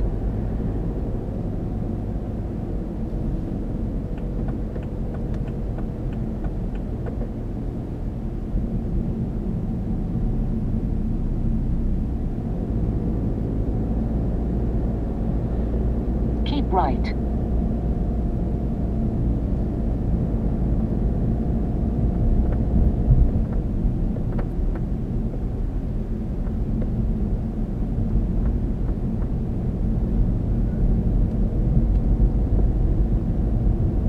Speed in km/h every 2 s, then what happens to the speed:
37, 35, 34, 31, 27, 24, 23, 24, 27, 26, 26, 27, 26, 27, 31, 32, 34.
0-11 slows to 23. 11-27 steady at about 26. 27-34 speeds up to 34.